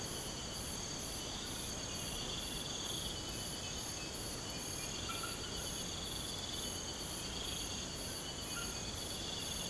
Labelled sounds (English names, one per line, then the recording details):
none
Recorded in pastures near Puerto Asís, Putumayo, Colombia, on 21 March 2025 at 04:00
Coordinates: 0.472, -76.329
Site G074